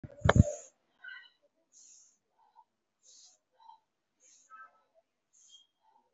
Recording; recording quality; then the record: deep breathing; moderate, slight background noise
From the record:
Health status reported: COVID-19 positive, no symptoms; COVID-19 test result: positive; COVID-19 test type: RT-PCR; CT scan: taken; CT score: 3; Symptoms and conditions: pneumonia, another respiratory illness, hypertension, diabetes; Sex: female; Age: 68 years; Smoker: no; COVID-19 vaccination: none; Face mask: worn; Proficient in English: yes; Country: India